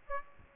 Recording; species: mosquito wingbeat signal from an infrared sensor; Aedes aegypti